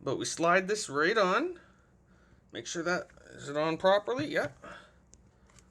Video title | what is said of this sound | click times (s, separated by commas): Unboxing Amazon Cheapest Mobile Computer Stand | so it doesn't click in or anything unless I didn't get it down far enough but it looks to be on fully so | none